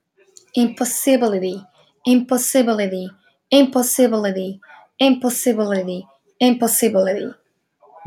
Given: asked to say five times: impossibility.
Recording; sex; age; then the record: repeated word; female; 20 to 29 years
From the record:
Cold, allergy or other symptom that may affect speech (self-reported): no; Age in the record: 28 years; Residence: Massachusetts, United States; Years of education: 17